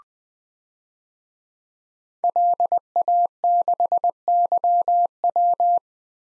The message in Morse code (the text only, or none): LA6YW